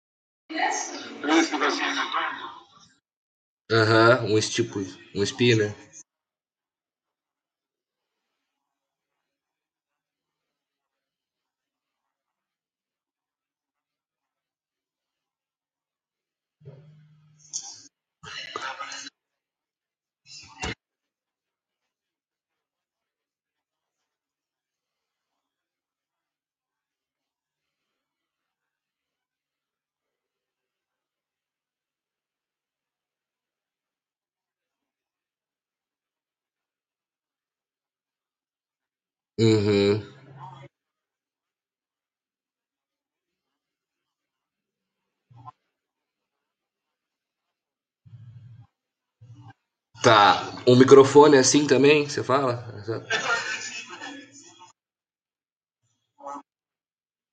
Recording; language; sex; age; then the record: spoken sentence; Brazilian Portuguese; male; 20 to 29 years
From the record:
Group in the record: control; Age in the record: 21 years